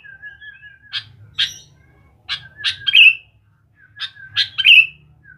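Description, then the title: Sooty-headed bulbul song: a soft wavering whistle, then sharp chirps leading into two loud falling whistled notes, over a faint low rumble. "Kutilang"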